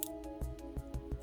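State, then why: Not seated. A small Allen-style security key is turned in the integral lock at the back of a Taurus Model 608 revolver's hammer to engage the built-in lock. Faint, soft taps sound over a steady low tonal hum. The lock has not clicked or seated yet.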